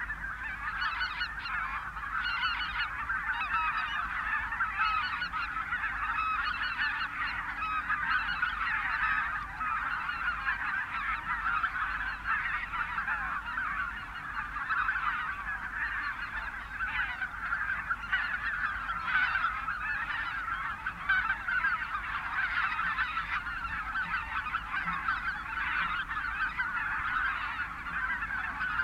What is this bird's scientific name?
Anser albifrons